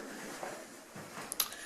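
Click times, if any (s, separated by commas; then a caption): 1.4 s. A snap fastener on a projection screen's fabric is pressed onto the portable screen frame at the bottom corner, over a low, steady background. A faint tick at 1.3 s comes just before a sharp, bright snap at 1.4 s as the fastener seats onto the frame.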